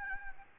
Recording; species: mosquito wingbeat signal from an infrared sensor; Aedes albopictus